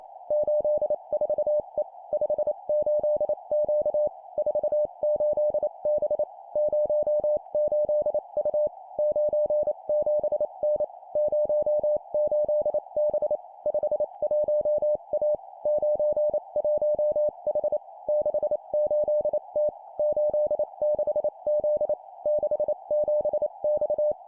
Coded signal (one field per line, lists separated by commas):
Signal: Morse code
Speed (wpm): 28 wpm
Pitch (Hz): 600 Hz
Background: none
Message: 84E 58Q 48B 08U 97N 08B 51A 91H 68T 86Z 67X